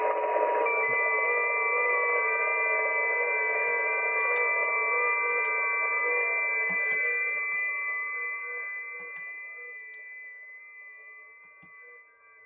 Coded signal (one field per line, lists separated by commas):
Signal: FT8